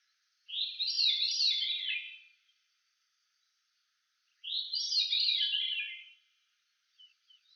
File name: John Neville - Veery Grive Fauve